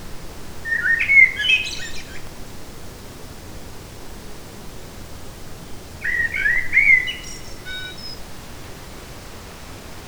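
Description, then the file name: Eurasian blackbird singing two separate phrases, each a mellow fluting warble in the low range followed by thin high twittering notes, with a quiet pause between them and steady background hiss. Recorded in a forest on 8 July 2018. "180708 blackbird forest"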